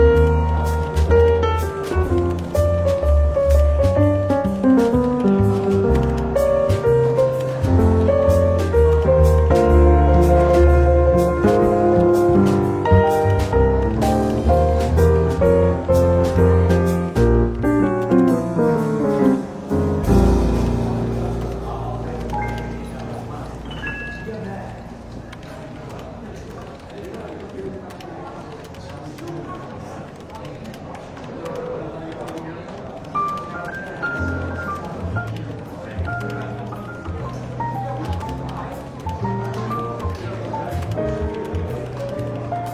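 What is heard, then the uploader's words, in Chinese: Soft jazz plays clearly over café chatter for the first twenty seconds, then drops lower, leaving steady murmuring voices and faint music underneath. 伦敦书店咖啡馆轻微喧闹氛围与柔和轻松的爵士背景音乐。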